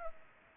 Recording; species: mosquito wingbeat signal from an infrared sensor; Culex pipiens